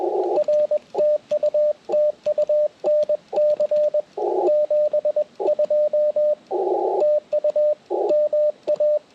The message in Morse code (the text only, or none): R TU TU NC 72 TU MA